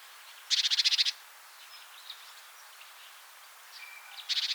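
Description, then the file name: Great tit giving a harsh churring rattle of several rapid pulses, a faint thin note, then a second rattle starting at the end. "Parus major"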